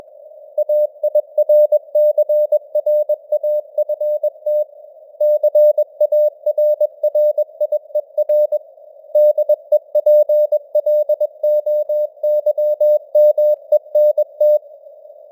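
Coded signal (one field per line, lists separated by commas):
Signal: Morse code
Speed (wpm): 21 wpm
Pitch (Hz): 600 Hz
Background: none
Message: AIRCRAFT CARRIER DEPLOYMENT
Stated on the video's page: News headlines sent at 21 wpm with simulated radio noise and varying signal strength (QSB).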